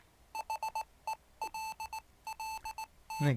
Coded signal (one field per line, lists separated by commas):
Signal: Morse code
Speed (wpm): 18 wpm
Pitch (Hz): 880 Hz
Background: speech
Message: HELLT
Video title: Signal Communications Pack - Radio and Morse 1.1 Feature Demo